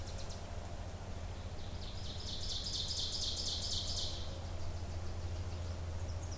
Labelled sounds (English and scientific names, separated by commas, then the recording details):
Ovenbird (Seiurus aurocapilla) song
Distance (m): 35 m
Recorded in boreal forest in Alberta, Canada, on 26 May 2016 at 07:05
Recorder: SongMeter 3, array SBT-3-15
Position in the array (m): 40 m, 273 m
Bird 20